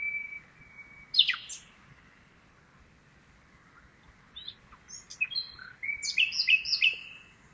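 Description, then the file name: Common nightingale song phrases: a long flat whistle, then sharp descending chirps and a run of quick rising, varied notes, with quiet pauses between. "Luscinia megarhynchos"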